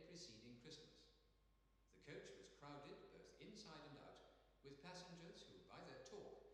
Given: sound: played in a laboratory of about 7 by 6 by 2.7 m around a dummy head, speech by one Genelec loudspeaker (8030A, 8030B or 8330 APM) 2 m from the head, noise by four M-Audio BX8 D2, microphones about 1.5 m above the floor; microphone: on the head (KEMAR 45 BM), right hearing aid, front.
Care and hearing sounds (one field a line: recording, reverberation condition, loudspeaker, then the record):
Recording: male speech in English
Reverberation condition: high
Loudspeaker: 30 degrees to the right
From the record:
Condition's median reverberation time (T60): about 1300 ms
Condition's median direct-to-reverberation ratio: about -4.0 dB